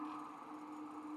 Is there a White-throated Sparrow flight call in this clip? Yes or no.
no